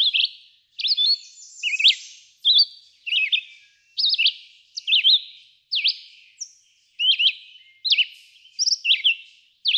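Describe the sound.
Red-eyed vireo song of separate whistled phrases, some up-slurred and some down-slurred, with distinct short silences between them.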